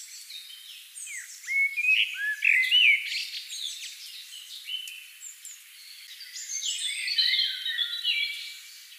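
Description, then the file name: Common blackbird song: fluted whistled phrases, with high twittering and chirping notes, especially near the end. "Turdus merula"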